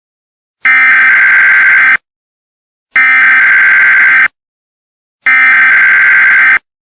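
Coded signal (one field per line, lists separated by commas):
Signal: Emergency Alert System (SAME) tones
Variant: header bursts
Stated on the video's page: Fictional EAS scenario using valid EAS tones.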